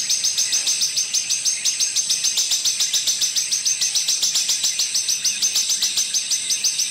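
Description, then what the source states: Streaked spiderhunter song: a long, fast run of sharp, high chipping notes, steady and unbroken throughout. Indonesian bird-keepers' tutor (masteran) recording; song described as lively, clear and long.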